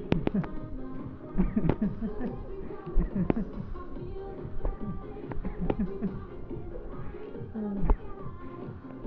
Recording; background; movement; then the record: laughter; music; sitting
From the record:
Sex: male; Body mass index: 20.5 kg/m2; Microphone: on the chest, facing the body